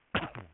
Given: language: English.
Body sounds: throat vibration sensor signal played as sound; cough

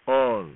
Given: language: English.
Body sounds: throat vibration sensor signal played as sound; speech

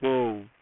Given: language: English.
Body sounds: throat vibration sensor signal played as sound; speech

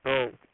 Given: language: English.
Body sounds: throat vibration sensor signal played as sound; speech

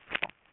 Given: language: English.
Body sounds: throat vibration sensor signal played as sound; swallow

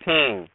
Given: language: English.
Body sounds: throat vibration sensor signal played as sound; speech

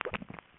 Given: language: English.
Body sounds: throat vibration sensor signal played as sound; swallow

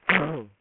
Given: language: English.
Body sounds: throat vibration sensor signal played as sound; throat clearing

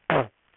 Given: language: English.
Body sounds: throat vibration sensor signal played as sound; throat clearing

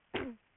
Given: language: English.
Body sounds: throat vibration sensor signal played as sound; cough

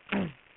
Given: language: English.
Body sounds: throat vibration sensor signal played as sound; throat clearing

